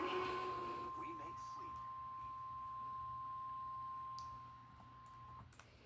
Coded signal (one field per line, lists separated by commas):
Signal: Emergency Alert System (SAME) tones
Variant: 1050 Hz attention tone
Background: speech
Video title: 3 Alerts in Indianapolis Severe Thunderstom Warnings and Tornado Warning on FM Radio (EAS #400-416)